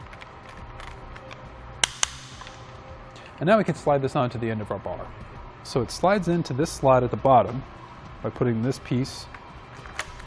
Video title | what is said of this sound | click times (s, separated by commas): etrailer - How to Set Up Your Yakima RidgeLine Roof Rack for Flush Rails on a 2018 Toyota RAV4 | going to tighten it down until you hear two or three audible clicks from our tightening tool and | 1.8 s, 2.0 s